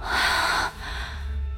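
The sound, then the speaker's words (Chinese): A loud, breathy gasp of relief lasting about half a second, followed by a softer, trailing exhale, after stepping out into a quiet, empty corridor. No one speaks. “终于能喘气儿了。”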